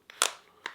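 A belt strap is pushed through a ratcheting buckle, and the buckle's pawl clicks over the teeth on the strap as it tightens. Three sharp clicks are heard at 0.1, 0.2 and 0.7 seconds, with the middle one the loudest. The belt is seated tighter.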